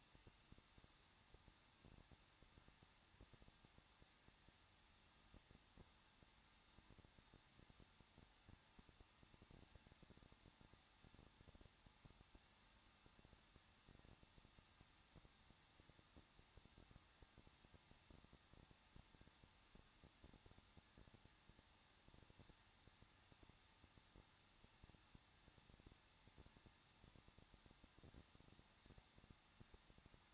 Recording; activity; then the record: daily activity, microphone in the room; no activity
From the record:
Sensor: 3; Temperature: 21.2 degrees Celsius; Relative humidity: 36.3%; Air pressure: 1006.3 hPa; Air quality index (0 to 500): 221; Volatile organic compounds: 40 ppm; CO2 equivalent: 3150 ppm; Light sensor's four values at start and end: 2/3/2/2 and 2/3/2/2